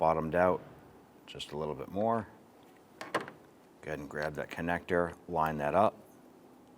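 A wiring connector is handled and lined up with a new mass air flow sensor on a 1994–2004 Ford Mustang while someone talks, with a couple of brief handling ticks near 3.0 s and 3.3 s. The connector has not snapped into place yet; nothing has seated or clicked.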